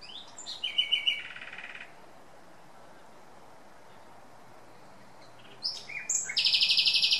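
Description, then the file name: Common nightingale singing two phrases separated by a few seconds of quiet: first a fast rattling series, later varied notes ending in a dense buzzy trill. "Luscinia megarhynchos"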